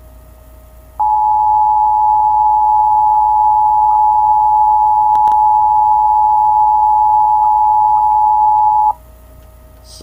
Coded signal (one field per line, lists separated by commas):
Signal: Emergency Alert System (SAME) tones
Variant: 853 and 960 Hz attention tone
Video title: (Old) Fires from Heaven (EAS Scenario)